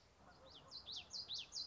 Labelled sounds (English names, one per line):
Common Yellowthroat